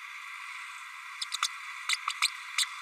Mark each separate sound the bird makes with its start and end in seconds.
1.21-1.25, 1.42-1.47, 1.89-1.96, 2.21-2.28, 2.58-2.65